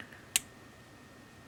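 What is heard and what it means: A plastic odometer digit wheel from a Datsun 240Z, 260Z or 280Z odometer is pressed onto the odometer shaft and snaps into place with a single sharp, bright click at 0.4 s. Before and after the click there is only quiet background with a faint steady high tone. The wheel is seated.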